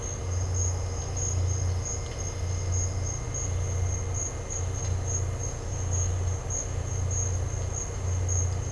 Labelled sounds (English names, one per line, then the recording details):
none
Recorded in dense forest near Puerto Asís, Putumayo, Colombia, on 9 March 2025 at 14:00
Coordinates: 0.468, -76.322
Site GP01